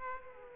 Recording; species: mosquito wingbeat signal from an infrared sensor; Aedes aegypti